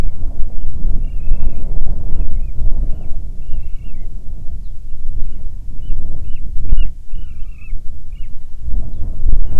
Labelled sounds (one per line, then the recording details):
bird
wind
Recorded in the Arctic National Wildlife Refuge, Alaska, on 9 July 2019 at 22:43
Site 48